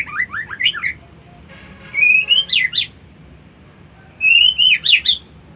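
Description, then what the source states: White-eye song: a twittering phrase, then two bursts that each start with a rising whistle and break into rapid high chirps. Song style called ngerol ngalas.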